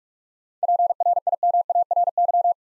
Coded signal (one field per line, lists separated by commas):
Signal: Morse code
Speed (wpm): 47 wpm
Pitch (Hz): 700 Hz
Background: none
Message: PRIMARY